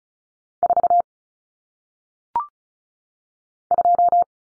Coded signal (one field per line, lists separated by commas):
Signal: Morse code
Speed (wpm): 34 wpm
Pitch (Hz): 700 Hz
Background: none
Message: 4 2